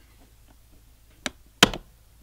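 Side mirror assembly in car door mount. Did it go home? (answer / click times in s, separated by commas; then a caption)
released / 1.6 s. A trim tool levers behind a side mirror assembly in its car door mount while a hand holds it firmly. A small sharp snap at 1.3 s is followed by a loud crack at 1.6 s, with a brief rattle after, as the mirror's retaining clips pop free and the mirror is released.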